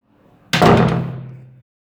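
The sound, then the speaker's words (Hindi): A kitchen door slams shut as a small boy runs out of the kitchen to the backyard, with one loud, sudden bang, followed by a low, booming rumble that rings for about a second before cutting off abruptly. “रसोई और खाने के कमरे के बीच बना जाली का दरवाज़ा आगे पीछे झूला, और जब छोटा लड़का रसोई से दौड़ते हुए बाहर पिछवाड़े में निकला, रसोई का दरवाज़ा धड़ाम से बंद हुआ।”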